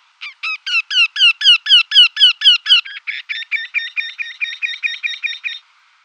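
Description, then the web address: Eurasian wryneck display call: a rapid run of nasal, slightly falling notes, about four per second, followed by a softer, denser series of similar notes. "Schulze Peter Eurasian Wryneck display"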